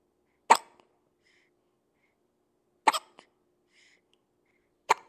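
Three short, sharp, voiced catches come about two seconds apart, each a brief abrupt gulp with a small trailing click. This is a baby hiccuping, a common and harmless reflex in infants.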